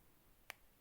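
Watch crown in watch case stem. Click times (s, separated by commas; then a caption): 0.5 s. A watch crown on a Corgeut Tudor Black Bay homage is pulled out a second time from the case stem to the time-setting position. It gives a single sharp click at 0.5 s against a quiet background. The crown seats in the hacking position, and the second hand stops.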